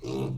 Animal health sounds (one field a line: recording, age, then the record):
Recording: pig call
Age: weaner (32 to 43 days)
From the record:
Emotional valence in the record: negative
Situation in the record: short isolation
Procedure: open field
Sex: female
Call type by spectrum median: low-frequency call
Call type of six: low-frequency stable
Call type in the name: low-frequency stable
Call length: 0.38 s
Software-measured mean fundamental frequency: 64 Hz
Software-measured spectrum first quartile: 153 Hz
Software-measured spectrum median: 307 Hz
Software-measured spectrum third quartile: 531 Hz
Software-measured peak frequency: 396 Hz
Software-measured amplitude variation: 115 dB a second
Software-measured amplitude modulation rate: 27.9 a second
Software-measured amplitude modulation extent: 4.1 dB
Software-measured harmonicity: 1.5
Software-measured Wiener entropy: -0.45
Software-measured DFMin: 1411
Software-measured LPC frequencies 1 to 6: 365, 975, 2584, 3799, 4842, 5771 Hz